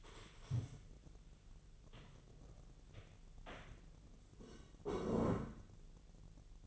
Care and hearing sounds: daily activity, microphone in the room; stand up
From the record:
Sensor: 4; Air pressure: 1001.2 hPa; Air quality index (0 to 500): 182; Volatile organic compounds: 2 ppm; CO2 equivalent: 1309 ppm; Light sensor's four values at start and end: 14/33/13/13 and 14/32/13/13

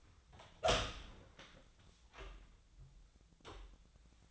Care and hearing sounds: daily activity, microphone in the room; open door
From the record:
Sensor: 3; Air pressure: 1009.2 hPa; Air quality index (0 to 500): 188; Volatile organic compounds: 3 ppm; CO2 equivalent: 1518 ppm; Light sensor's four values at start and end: 49/128/55/56 and 49/129/56/57

